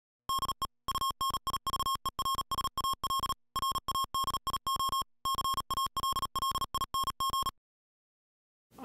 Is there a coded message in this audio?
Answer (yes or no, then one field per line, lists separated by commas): yes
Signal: Morse code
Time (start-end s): 0.3-7.5 s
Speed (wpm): 37 wpm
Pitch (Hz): 1080 Hz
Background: music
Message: DE UNIVERSAL RADIO CALLING